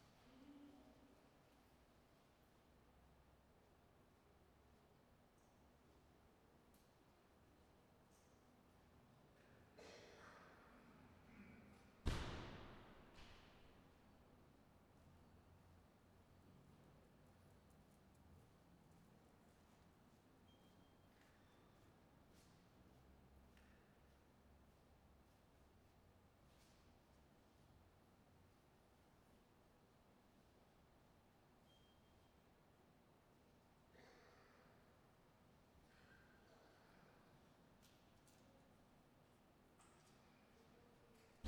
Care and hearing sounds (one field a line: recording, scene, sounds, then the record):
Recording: everyday scene through a hearing-aid microphone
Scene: reverberant space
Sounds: background noise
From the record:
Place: railway station hall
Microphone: behind the ear, right, rear